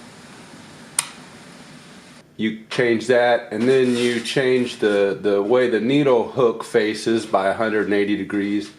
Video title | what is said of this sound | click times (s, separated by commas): Singer 114E103 Chainstitch Embroidery Sewing Machine | it'll just click into place you | 1.0 s